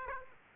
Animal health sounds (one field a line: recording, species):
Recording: mosquito wingbeat signal from an infrared sensor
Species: Aedes aegypti